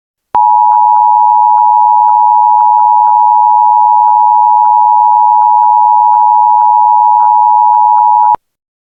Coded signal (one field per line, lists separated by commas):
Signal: Emergency Alert System (SAME) tones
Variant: 853 and 960 Hz attention tone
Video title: TEST EAS alert 1